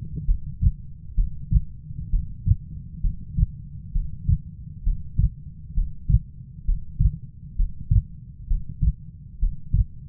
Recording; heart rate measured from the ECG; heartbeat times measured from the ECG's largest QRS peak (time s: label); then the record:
heart sounds by stethoscope; 66 bpm
0.25 s: heartbeat
1.15 s: heartbeat
2.10 s: heartbeat
3.01 s: heartbeat
3.92 s: heartbeat
4.83 s: heartbeat
5.74 s: heartbeat
6.65 s: heartbeat
7.56 s: heartbeat
8.47 s: heartbeat
9.39 s: heartbeat
From the record:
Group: healthy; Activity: Valsalva maneuver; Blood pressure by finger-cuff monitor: 147/67 mmHg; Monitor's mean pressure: 91 mmHg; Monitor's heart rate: 66 bpm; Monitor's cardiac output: 6.2 L/min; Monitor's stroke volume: 80 mL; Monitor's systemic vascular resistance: 1030 dyn s/cm5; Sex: female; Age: 37 years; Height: 168 cm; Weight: 70 kg